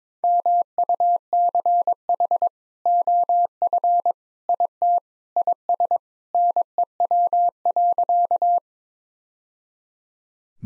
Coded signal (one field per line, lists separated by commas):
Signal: Morse code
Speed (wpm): 22 wpm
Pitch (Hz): 700 Hz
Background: none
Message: MUCH OF IT IS NEW.